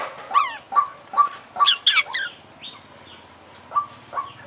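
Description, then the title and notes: Oriental magpie-robin song: evenly spaced short notes with upswept flicks, a quick cluster of higher chirps, then a pause before more repeated notes. Champion bird singing prolifically ('gacor'); part of a compilation of selected master bird songs ('masteran'). "Kacer Juara Gacor. Kumpulan Suara Burung Masteran Pilihan"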